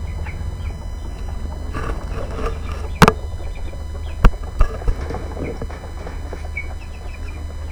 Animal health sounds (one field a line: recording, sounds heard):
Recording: poultry house recording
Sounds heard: background noise or bird activity such as feeding and pecking